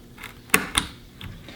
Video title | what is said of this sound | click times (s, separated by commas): Best Bang 4 Buck Mining Rig - How To Build 12x Card 1060 ETH GPU Miner | And just like that, you know that the RAM is properly installed. You hear it click in and it's just clearly in there | 0.5 s, 0.8 s